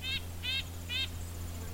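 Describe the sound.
Solitary sandpiper calls: three short, high, harmonic-rich notes, evenly spaced, over a steady low hum.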